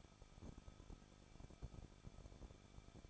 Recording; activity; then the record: daily activity, microphone in the room; no activity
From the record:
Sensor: 5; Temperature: 20.9 degrees Celsius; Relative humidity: 38.2%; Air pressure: 1006.4 hPa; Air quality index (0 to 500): 187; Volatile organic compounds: 18 ppm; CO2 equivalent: 2628 ppm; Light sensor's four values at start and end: 2/3/1/1 and 2/3/1/1